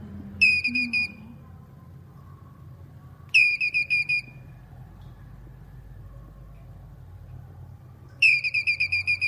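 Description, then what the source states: Squirrel call: three separated bursts of quick, high ringing chips, each series roughly a second long, with longer pauses between them and a low steady hum. Male squirrel calling.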